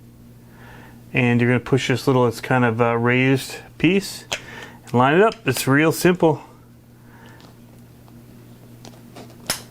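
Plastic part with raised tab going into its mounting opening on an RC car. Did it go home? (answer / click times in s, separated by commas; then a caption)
yes / 9.5 s. On an RC car build, a plastic part with a small raised tab is lined up with its mounting opening and pushed in while someone talks. After the talking stops, a few faint ticks and handling sounds lead to a sharp, loud snap at 9.5 s as the part seats in place.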